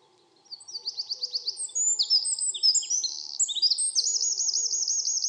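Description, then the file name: Eurasian wren singing a high, energetic burst of clipped notes and twittering phrases that runs into a rapid, even trill. "Troglodytes troglodytes"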